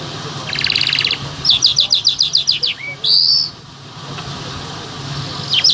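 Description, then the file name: Bimaculated lark song opening with a buzzy trill, then a fast series of sharp clicking notes, a brief rising whistle and a harsh buzz, faint notes after. "sound black bimaculated lark"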